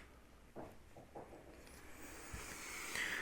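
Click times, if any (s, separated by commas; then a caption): none. A metal blade is slid into the raised blade-clamp lever of an Einhell TC-JS 18 Li-Solo cordless jigsaw and lined up in the holder. Soft scraping and brushing handling noises are heard, with a faint rising hiss toward the end and no sharp hits. The blade has not clicked into place yet.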